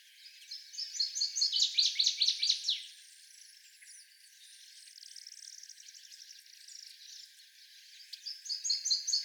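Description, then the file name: Northern waterthrush singing a loud, rapid series of ringing notes with a falling finish; after a quieter stretch of background sound, another song begins near the end. Seventeen songs. "Northern Waterthrush 17 Songs"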